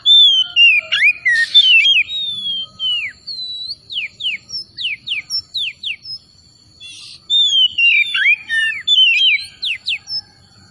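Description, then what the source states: Oriental magpie-robin song of rapid repeated downslurred whistles and richer warbled phrases, with brief buzzy bursts and a constant high tone. Kacer Tretes type, singing vigorously (gacor).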